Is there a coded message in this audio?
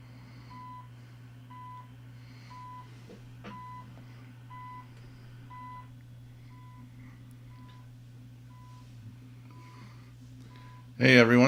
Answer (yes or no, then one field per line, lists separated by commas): no